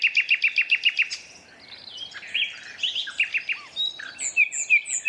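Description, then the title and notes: Common nightingale starts with a rapid string of repeated notes, followed by varied whistles, upslurs and chattering phrases. Two male nightingales in competitive duet at dusk, dense thorn thicket in north Dorset countryside woodland, during the dusk chorus. "An astonishing nightingale duet in a Dorset woodland. In a dense thicket of thorn, a single nightingale starts to sing - drowning out the tractor mowing the year's first silage. Its performance attracts the attention of another male, who moves in closer and soon a competitive duet fills the night"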